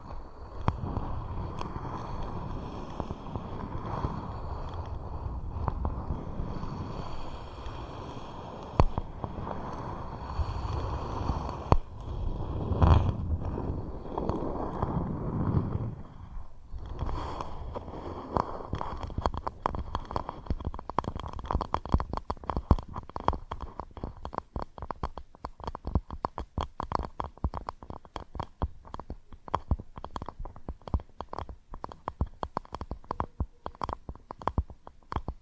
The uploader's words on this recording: TimASMR-Scratching & Tapping Triggers. (NO TALKING).